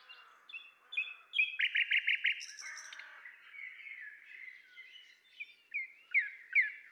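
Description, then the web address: Common nightingale song with soft piping notes, a run of loud repeated chirps, a high buzzy burst, then sliding whistled notes rising and falling. "pub SETE data Luscinia megarhynchos"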